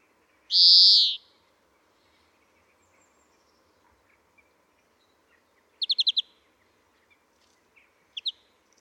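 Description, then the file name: European greenfinch giving one loud nasal wheeze, followed after a pause by a short quick twittering trill and a couple of softer chirps, with faint background hum. "Chloris chloris"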